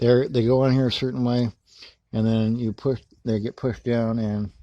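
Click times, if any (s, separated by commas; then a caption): none. A bayonet taillight bulb with small nubs on its side is lined up and pushed down into a metal taillight socket, ready to be twisted to lock. Someone talks throughout, with short pauses between phrases. Nothing has seated or clicked yet.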